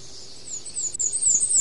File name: blackandwhite